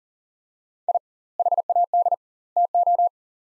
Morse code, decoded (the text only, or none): I HAD TO